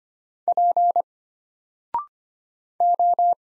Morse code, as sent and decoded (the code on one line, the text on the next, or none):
.--. / ---
P O